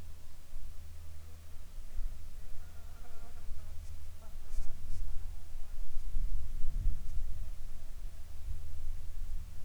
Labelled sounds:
wind, aircraft, insects

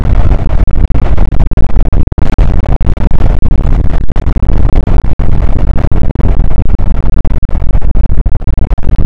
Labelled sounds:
wind

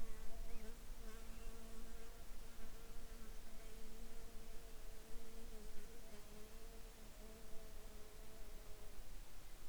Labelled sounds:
bird, insects

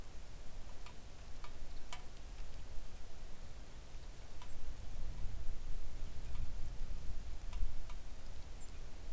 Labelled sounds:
songbird, rain

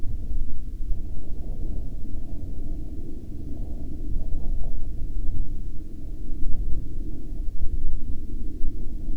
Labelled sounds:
wind, aircraft

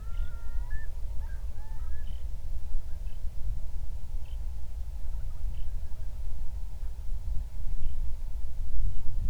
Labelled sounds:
songbird, loon, wind

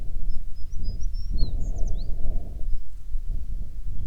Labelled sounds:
songbird, wind

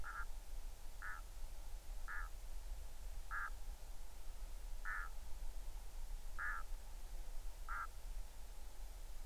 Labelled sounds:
waterfowl

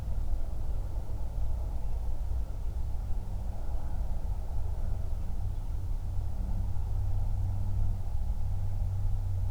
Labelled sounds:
flare stack, aircraft

